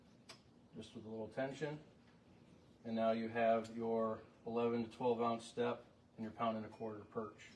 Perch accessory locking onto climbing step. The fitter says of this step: and then locks in